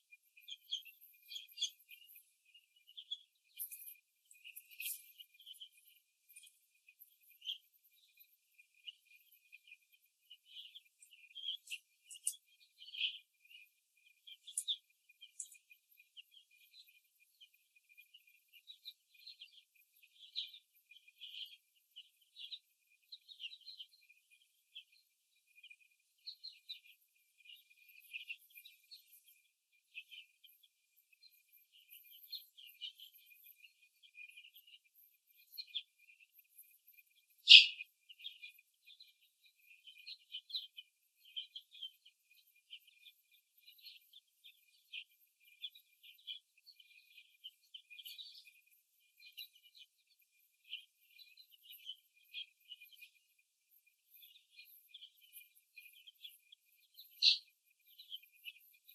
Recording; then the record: young laying hens in a cage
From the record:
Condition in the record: before the stressor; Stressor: simulated dog barking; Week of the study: 2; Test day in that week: 3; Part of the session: 4